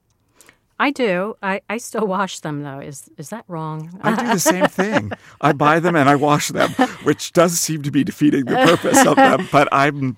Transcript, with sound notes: I do. I still wash them, though. Is that wrong?
(LAUGHTER)
I do the same thing. I buy them, and I wash them, which does seems to be the defeating the purpose of them.